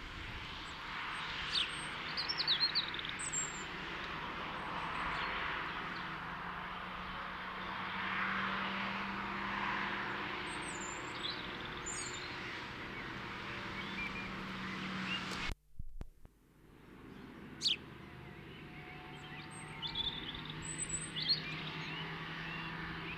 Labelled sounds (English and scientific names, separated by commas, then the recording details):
European Robin (Erithacus rubecula) song
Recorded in the wild
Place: Kaiserslautern, Rheinland-Pfalz, DE
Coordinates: 49.4247, 7.77889
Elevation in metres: 279
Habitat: garden
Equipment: Nagra IV, Sennheiser MKH 405, Parabolreflektor
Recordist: Tretzel, Erwin